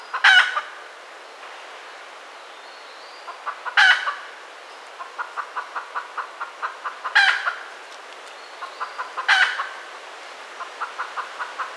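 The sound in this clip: Red junglefowl crowing: four short, harsh crows spaced a few seconds apart, with quick runs of soft, evenly spaced clucks between them.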